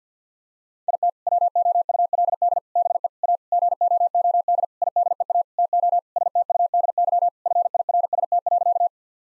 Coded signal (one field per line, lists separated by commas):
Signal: Morse code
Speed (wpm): 50 wpm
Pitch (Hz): 700 Hz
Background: none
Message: IT WOULD BE A GOOD IDEA TO STUDY FIRST.